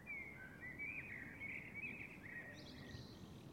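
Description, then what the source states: Birds chirping, quick twittering phrases running together continuously, with a brief higher burst near the end over soft background noise. Summer evening.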